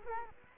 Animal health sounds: mosquito wingbeat signal from an infrared sensor; Culex quinquefasciatus

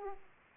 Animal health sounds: mosquito wingbeat signal from an infrared sensor; Aedes aegypti

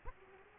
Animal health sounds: mosquito wingbeat signal from an infrared sensor; Aedes aegypti

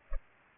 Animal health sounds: mosquito wingbeat signal from an infrared sensor; Culex pipiens

